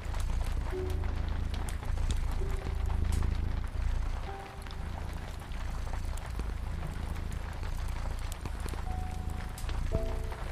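Rain patters steadily while a fire crackles with frequent sharp, irregular pops across the whole stretch. A low, continuous purr-like rumble sits underneath, and soft sustained piano notes sound briefly near the start, around four seconds, and again near the end.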